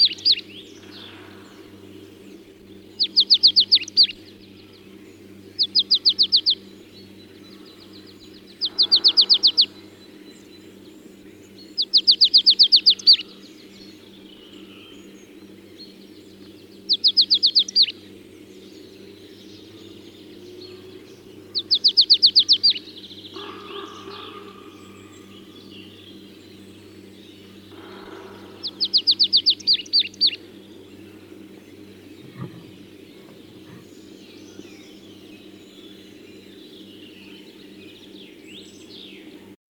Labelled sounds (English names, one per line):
Marsh Tit song